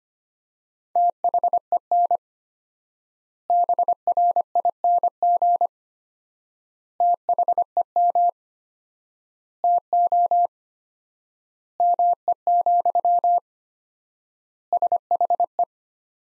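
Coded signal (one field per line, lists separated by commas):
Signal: Morse code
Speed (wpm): 25 wpm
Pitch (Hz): 700 Hz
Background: none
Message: THEN BRING THEM TO ME, SHE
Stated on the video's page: Morse practice sentences from the top 500 words at 25 wpm with 4x standard word spacing, a Farnsworth-like method applied to words.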